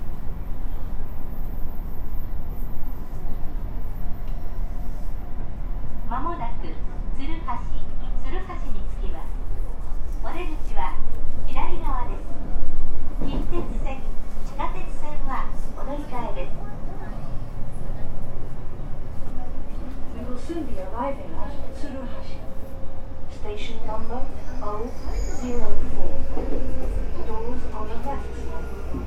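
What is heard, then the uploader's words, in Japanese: Recorded aboard a commuter electric train, a steady low rumble of running continues throughout. From about six seconds on, passengers talk in overlapping voices, and a faint rising motor whine appears late in the clip, with the rumble swelling slightly around 13 and 26 seconds. JR西日本 323系 環状線外回り 大阪から鶴橋まで。JR西日本 323系電車の走行音です。大阪環状線外回りの普通列車で録音しました。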